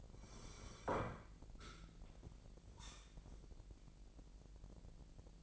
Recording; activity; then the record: daily activity, microphone in the room; sit down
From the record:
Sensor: 5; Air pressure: 1001.8 hPa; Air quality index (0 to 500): 246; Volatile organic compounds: 29 ppm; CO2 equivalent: 2945 ppm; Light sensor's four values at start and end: 47/110/45/47 and 46/109/45/46